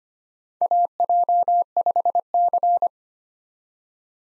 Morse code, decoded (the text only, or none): AJ5C